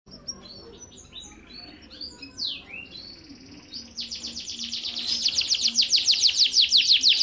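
Bird song opening with quieter varied chirps and slurs, then swelling into a loud, fast series of repeated buzzy notes that grows stronger toward the end.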